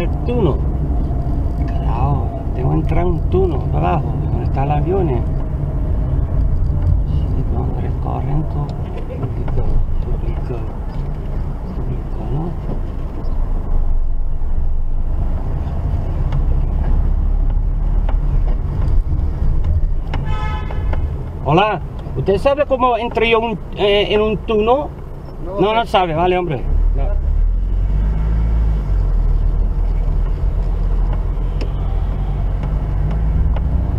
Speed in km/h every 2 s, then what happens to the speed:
26, 26, 27, 16, 12, 6, 5, 6, 7, 7, 8, 7, 5, 6, 8, 7, 15.
4-11 slows to 5. 11-26 steady at about 6. 26-34 speeds up to 15.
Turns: none.